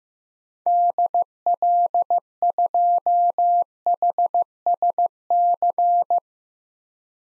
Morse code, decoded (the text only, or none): DL2HSC